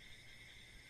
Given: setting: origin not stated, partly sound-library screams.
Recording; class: one-second piece from a danger detection set; normal situation